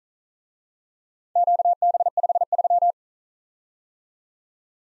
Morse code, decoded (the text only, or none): QB53